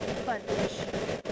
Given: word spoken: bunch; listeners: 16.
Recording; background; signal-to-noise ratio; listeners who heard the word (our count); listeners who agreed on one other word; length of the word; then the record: one English word in noise, from a listening test; noise modulated by three-talker babble; -6.6 dB; 0 of 16; 9 of 16; 0.92 s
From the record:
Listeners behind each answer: 9, 1, 1, 1, 1, 1, 1, 1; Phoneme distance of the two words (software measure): 10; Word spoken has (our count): 1 syllable, 4 phonemes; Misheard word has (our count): 1 syllable, 4 phonemes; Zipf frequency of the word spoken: 4.43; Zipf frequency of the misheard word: 4.32